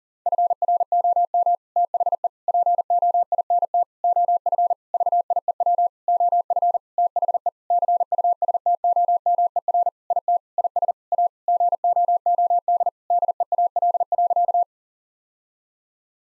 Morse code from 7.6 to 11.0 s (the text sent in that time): CUSTOMER IT IS